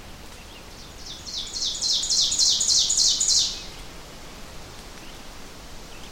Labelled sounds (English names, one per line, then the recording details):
Ovenbird song
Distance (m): 15 m
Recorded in boreal forest in Alberta, Canada, on 4 June 2016 at 07:24
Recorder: SongMeter 3, array SBT-3-51
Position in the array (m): 268 m, 118 m
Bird 28